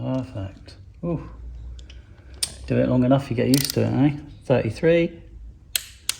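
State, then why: Torque reached. A torque wrench tightens a cam belt tensioner bolt to 33 Nm on a Ducati Monster S2R 1000 as someone talks. The wrench gives a sharp double click at 5.8 and 6.1 seconds, confirming the bolt has reached torque.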